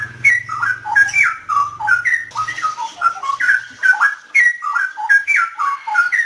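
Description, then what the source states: Straw-headed bulbul song: loud, rich, bubbling whistled phrases that rise and fall in quick succession, with a low hum underneath during the first half. Known locally as cucak rowo; song style called ropel.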